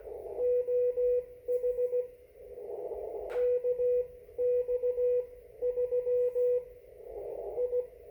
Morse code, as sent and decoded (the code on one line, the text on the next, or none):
--- .... / -.- -..- / ...-- / ..
OH KX 3 I